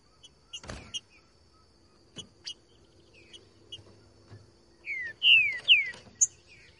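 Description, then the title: Green-winged Saltator song: scattered soft chirps and clicks, then near the end a run of three bright, downward-sliding whistles. Song style called voz 10, recorded in the bush, used to warm up a trinca-ferro and make it sing. "Canto De Trinca Ferro Voz 10. TRINCA FERRO CANTANDO NO MATO. ESQUENTAR TRINCA FERRO"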